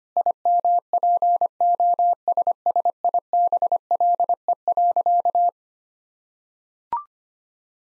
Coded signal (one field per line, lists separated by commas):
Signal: Morse code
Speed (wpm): 25 wpm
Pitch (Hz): 700 Hz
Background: none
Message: IMPOSSIBLE.